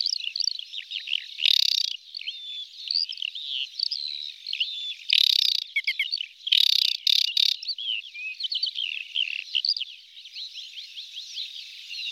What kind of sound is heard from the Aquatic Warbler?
song